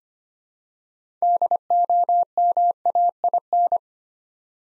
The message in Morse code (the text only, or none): DOMAIN